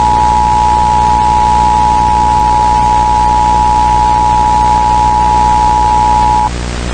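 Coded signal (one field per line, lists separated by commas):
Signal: Emergency Alert System (SAME) tones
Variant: 853 and 960 Hz attention tone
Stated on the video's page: Homemade mock EAS alert.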